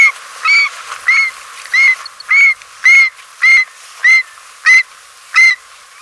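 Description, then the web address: Andean gull giving harsh, nasal calls, about ten in a steady series roughly every two-thirds of a second. Ecuador. "Natures Songs S America Birds of Ecuador Andean Gull"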